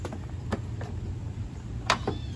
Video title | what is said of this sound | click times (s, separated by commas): Restoring and Flipping a Troy-Bilt TB110 Push Lawn Mower | snaps right in. There you go. | 1.9 s